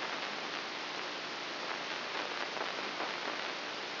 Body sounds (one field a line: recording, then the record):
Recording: brain microelectrode recording played as sound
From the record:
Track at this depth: inside the subthalamic nucleus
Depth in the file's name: 2.004 mm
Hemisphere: right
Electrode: 3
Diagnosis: Parkinson's disease